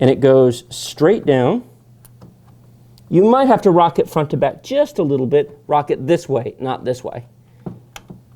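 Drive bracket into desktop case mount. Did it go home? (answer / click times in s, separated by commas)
yes / 8.0 s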